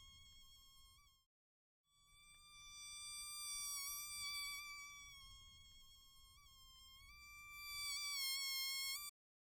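Mosquito buzzing: a thin, high, steady whine rich in overtones, wavering slightly in pitch, broken by a short silence near the start.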